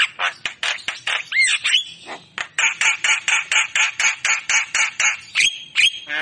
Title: Masteran & Pancingan Kicauan Jalak Kebo Gacor Istimewa isian Murai Cucak Ijo Lovebird